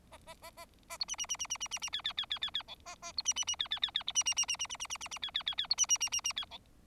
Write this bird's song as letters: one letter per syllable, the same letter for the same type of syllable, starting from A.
A A A A A B C C C C C C C C D D D D D D E A A B C C C D D D D B C C C C C C C C C C D D D D B C C C C C D E